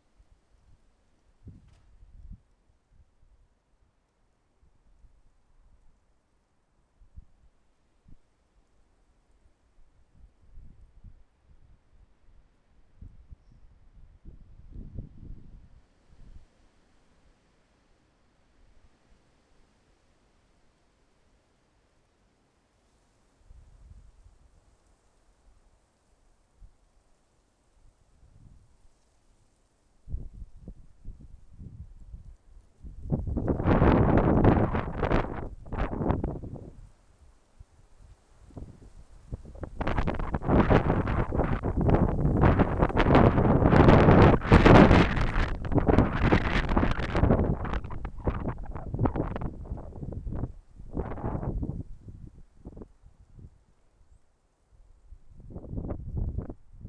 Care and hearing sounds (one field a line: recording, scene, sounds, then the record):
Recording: everyday scene through a hearing-aid microphone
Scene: wind on the microphone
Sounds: wind, traffic, birds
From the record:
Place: suburban garden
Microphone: behind the ear, left, front